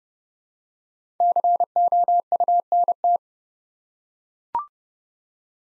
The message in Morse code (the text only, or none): COUNT